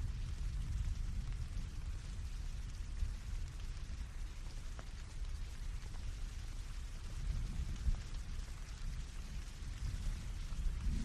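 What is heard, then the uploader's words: Steady rain falls with a constant, dense hiss spread across the high range and a thick, rumbling low layer underneath. The sound barely changes over the eleven seconds, with only a few faint, slightly sharper drips or taps poking through now and then. Serene Rain Sounds.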